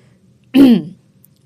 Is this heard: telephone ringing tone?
no